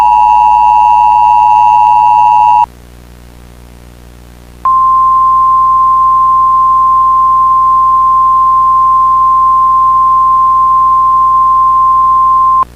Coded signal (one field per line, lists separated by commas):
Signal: Emergency Alert System (SAME) tones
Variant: 853 and 960 Hz attention tone